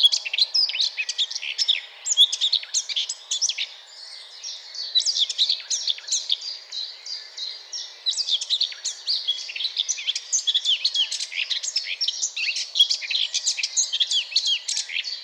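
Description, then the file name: Eurasian blackcap giving a long, rapid warble of scratchy and twittering high notes, nearly continuous with a brief pause near four seconds. "Sylvia atricapilla"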